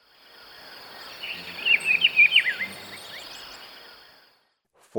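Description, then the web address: Rufous-browed peppershrike phrase of several quick slurred whistles, heard once through a noisy, hissing background that fades in and out. Recorded in Ecuador. "Birds of Ecuador Rufous-browed Peppershrike"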